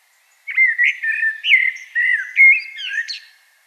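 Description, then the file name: Common blackbird giving one flowing phrase of smooth, looping whistles that rise and fall, finishing with a short high twitter. "Turdus merula"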